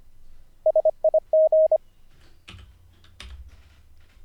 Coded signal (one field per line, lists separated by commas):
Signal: Morse code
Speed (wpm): 25 wpm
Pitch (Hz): 630 Hz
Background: none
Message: SIG